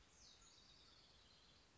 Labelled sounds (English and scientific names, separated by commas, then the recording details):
House Wren (Troglodytes aedon)
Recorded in Sonoma County, California